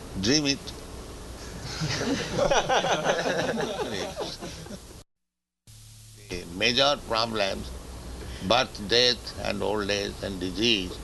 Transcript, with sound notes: Dream it. [laughter] The major problem is birth, death and old age and disease.